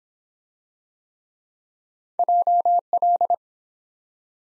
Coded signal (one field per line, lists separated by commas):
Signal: Morse code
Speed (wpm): 24 wpm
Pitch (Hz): 700 Hz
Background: none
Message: JL